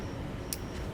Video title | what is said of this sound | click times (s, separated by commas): Ko-ken Tool Haul #7: Foamed Wobble Fix, 11" Flex, and Trick Zeal Sockets! | okay so it'll catch and stay you can hear it click in fact | 0.5 s